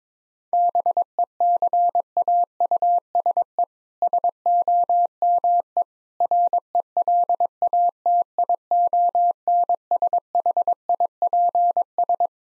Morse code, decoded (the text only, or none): BECAUSE SOME RELATIONSHIPS